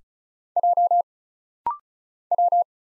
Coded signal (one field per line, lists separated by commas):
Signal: Morse code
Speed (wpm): 36 wpm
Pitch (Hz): 700 Hz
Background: none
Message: J W